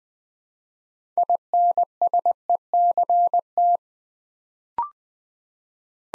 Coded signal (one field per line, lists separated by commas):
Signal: Morse code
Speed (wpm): 20 wpm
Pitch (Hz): 700 Hz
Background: none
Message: INSECT